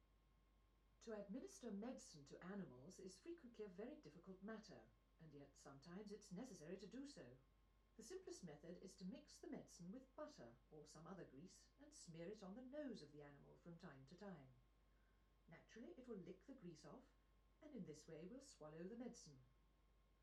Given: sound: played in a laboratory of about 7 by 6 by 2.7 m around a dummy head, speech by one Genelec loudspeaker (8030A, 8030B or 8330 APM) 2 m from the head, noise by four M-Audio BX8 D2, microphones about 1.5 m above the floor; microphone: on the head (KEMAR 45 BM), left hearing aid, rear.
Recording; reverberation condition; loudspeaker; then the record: female speech in English; low; 60 degrees to the right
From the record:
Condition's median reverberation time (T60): about 310 ms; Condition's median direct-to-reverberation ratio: about 3.5 dB